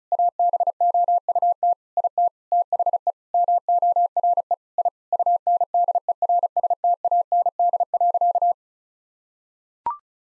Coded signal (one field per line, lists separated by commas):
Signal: Morse code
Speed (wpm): 36 wpm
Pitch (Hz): 700 Hz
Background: none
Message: ABOUT IT THE MORE I UNDERSTAND.